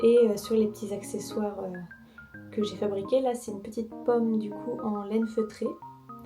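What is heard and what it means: A small felted-wool apple accessory with a sewn-on snap fastener is handled near the matching snap sewn on the head of a crocheted chenille-yarn cat. Someone talks over background music, and a faint short sound comes at 6.1 s. The snap has not closed yet; nothing has seated or clicked.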